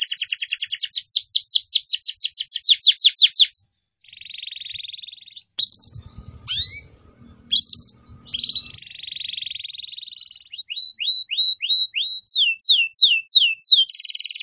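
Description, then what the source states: Canary song with fast descending-note tours, buzzy trills and sharp sweeping chirps, plus a brief burst of low rumbling noise midway. Canary song used as a lure for birds.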